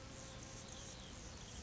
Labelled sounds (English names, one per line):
Anna's Hummingbird